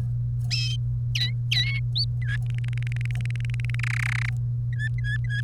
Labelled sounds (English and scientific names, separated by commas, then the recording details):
Domestic Canary (Serinus canaria) song
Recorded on 30 April 2018 at 16:52
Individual llb3